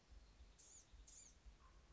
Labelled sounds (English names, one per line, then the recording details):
Blue-gray Gnatcatcher
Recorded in Sonoma County, California